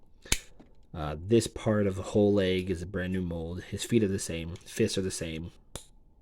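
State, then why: Seated. Someone talks while handling a Transformers Legacy Evolution Metalhawk transforming robot figure, with a brief sharp tick near the start. At 5.8 s a plastic part (perhaps a fist or leg piece) gives a sharp snap as it is pushed into position on the figure's limb, and the part seats in place.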